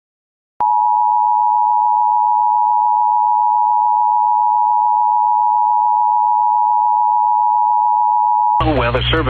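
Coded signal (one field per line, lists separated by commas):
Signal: Emergency Alert System (SAME) tones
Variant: 853 and 960 Hz attention tone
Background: speech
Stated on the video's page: Severe thunderstorm warning received on station WJON.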